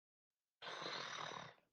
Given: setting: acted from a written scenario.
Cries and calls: vocal sound without words; disappointment

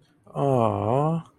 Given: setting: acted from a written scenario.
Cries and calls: vocal sound without words; adoration

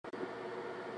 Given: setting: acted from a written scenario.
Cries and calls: vocal sound without words; guilt

